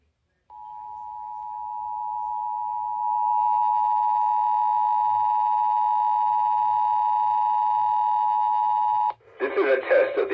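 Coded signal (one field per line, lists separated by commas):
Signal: Emergency Alert System (SAME) tones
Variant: 853 and 960 Hz attention tone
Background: speech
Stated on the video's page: Required Monthly Test received on radio.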